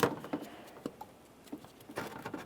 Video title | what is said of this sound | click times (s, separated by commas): How to Replace Windshield Washer Reservoir 2007-2017 Jeep Patriot | Go ahead and line it up, press it in, listen for a click. | 0.0 s